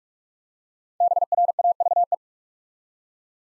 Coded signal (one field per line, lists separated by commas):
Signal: Morse code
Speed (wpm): 44 wpm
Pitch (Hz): 700 Hz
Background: none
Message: BRAVE